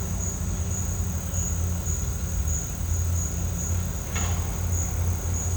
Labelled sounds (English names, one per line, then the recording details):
none
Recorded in pastures near Puerto Asís, Putumayo, Colombia, on 18 December 2024 at 12:00
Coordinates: 0.466, -76.322
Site G040